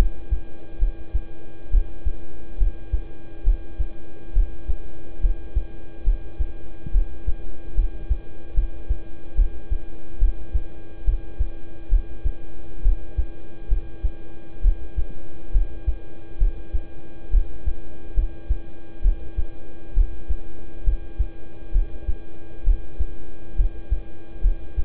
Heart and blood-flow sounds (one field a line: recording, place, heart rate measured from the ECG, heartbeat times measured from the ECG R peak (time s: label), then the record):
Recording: heart sounds by stethoscope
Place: between the tricuspid and mitral areas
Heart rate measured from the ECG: 69 bpm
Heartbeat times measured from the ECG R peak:
0.79 s: heartbeat
1.70 s: heartbeat
2.58 s: heartbeat
3.44 s: heartbeat
4.33 s: heartbeat
5.21 s: heartbeat
6.04 s: heartbeat
6.91 s: heartbeat
7.75 s: heartbeat
8.54 s: heartbeat
9.35 s: heartbeat
10.19 s: heartbeat
11.04 s: heartbeat
11.89 s: heartbeat
12.82 s: heartbeat
13.68 s: heartbeat
14.61 s: heartbeat
15.52 s: heartbeat
16.38 s: heartbeat
17.30 s: heartbeat
18.14 s: heartbeat
19.02 s: heartbeat
19.94 s: heartbeat
20.84 s: heartbeat
21.72 s: heartbeat
22.64 s: heartbeat
23.56 s: heartbeat
24.41 s: heartbeat
From the record:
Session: rest, lying down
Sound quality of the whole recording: good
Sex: male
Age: 26 years